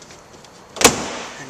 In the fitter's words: you'll hear it pop off oh those are cool